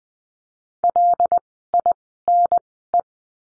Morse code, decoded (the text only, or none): LINE